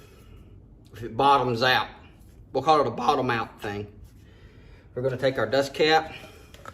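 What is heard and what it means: Someone talks while handling a rubber/plastic dust cap (boot) for a new rear shock absorber during a 2018 Ford Edge Sport rear shock replacement; the cap is about to be pushed down and wiggled onto the shock. A few short, sharp taps come near the end, around 6.5, 6.7 and 6.8 seconds. Nothing has seated or clicked yet.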